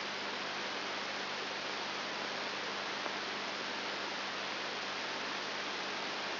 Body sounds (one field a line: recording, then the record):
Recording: brain microelectrode recording played as sound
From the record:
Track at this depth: inside the subthalamic nucleus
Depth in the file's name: 4.901 mm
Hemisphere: left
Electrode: 3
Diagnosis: Parkinson's disease